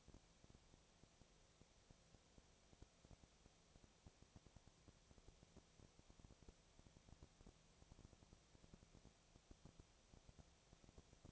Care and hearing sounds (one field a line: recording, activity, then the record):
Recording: daily activity, microphone in the room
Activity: no activity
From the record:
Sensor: 1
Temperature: 19.6 degrees Celsius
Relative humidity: 36.5%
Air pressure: 997.1 hPa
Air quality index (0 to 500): 204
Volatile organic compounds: 129 ppm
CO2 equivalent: 3922 ppm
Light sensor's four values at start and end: 1/2/1/1 and 1/2/1/1